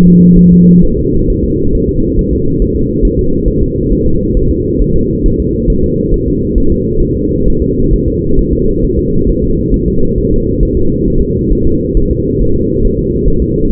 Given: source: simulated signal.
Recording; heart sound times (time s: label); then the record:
fetal heart sounds
0.08 s: S2
0.39 s: S1
0.53 s: S2
0.85 s: S1
0.99 s: S2
1.30 s: S1
1.44 s: S2
1.75 s: S1
1.89 s: S2
2.19 s: S1
2.33 s: S2
2.62 s: S1
2.76 s: S2
3.05 s: S1
3.19 s: S2
3.48 s: S1
3.62 s: S2
3.92 s: S1
4.06 s: S2
4.37 s: S1
4.51 s: S2
4.81 s: S1
4.96 s: S2
5.26 s: S1
5.40 s: S2
5.70 s: S1
5.84 s: S2
6.14 s: S1
6.28 s: S2
6.58 s: S1
6.72 s: S2
7.03 s: S1
7.17 s: S2
7.48 s: S1
7.62 s: S2
7.93 s: S1
8.08 s: S2
8.39 s: S1
8.53 s: S2
8.85 s: S1
8.99 s: S2
9.29 s: S1
9.44 s: S2
9.74 s: S1
9.88 s: S2
10.18 s: S1
10.32 s: S2
10.63 s: S1
10.77 s: S2
11.07 s: S1
11.22 s: S2
11.53 s: S1
11.67 s: S2
11.97 s: S1
12.11 s: S2
12.41 s: S1
12.56 s: S2
12.85 s: S1
12.99 s: S2
13.28 s: S1
13.42 s: S2
13.70 s: S1
From the record:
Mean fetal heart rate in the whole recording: 135 bpm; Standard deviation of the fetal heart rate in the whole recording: 3 bpm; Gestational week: 36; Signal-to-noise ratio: -16.4 dB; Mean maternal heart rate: 72 bpm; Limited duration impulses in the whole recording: present